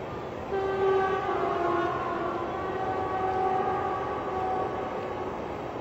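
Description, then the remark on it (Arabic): A train rumbles past with its horn sounding in long, steady, chord-like tones held for several seconds over a constant low roar of wheels. “دايما القطر يذكرني القطار بالرحلة إلى الدار الآخرة، قطار العمر.”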